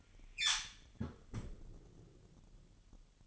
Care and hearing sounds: daily activity, microphone in the room; close fridge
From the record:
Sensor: 4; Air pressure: 1008.6 hPa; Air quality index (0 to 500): 74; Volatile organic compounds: 1 ppm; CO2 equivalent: 629 ppm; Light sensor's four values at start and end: 12/26/11/11 and 13/29/12/12

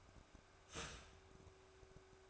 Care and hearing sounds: daily activity, microphone in the room; start toaster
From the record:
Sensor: 2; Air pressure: 1004.0 hPa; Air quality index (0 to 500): 193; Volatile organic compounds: 11 ppm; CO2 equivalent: 2313 ppm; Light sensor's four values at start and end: 4/10/4/4 and 4/10/4/4

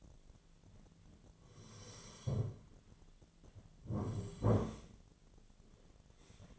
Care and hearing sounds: daily activity, microphone in the room; sit down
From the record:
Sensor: 4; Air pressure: 1008.8 hPa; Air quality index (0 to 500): 172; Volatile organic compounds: 5 ppm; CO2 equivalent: 1724 ppm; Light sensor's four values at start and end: 23/73/27/26 and 23/73/28/26

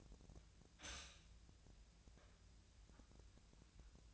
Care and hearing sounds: daily activity, microphone in the room; stop toaster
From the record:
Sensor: 2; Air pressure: 1009.3 hPa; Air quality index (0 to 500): 187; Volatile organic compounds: 11 ppm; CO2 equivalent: 2322 ppm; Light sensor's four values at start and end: 23/58/24/27 and 23/58/24/27

